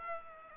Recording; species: mosquito wingbeat signal from an infrared sensor; Aedes aegypti